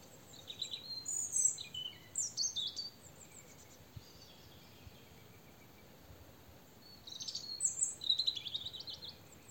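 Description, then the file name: European robin delivering high, thin, warbling phrases of quick varied notes, one burst early and another near the end, separated by a quiet pause over steady hiss. "Erithacus rubecula"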